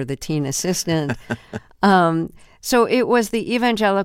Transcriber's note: laughter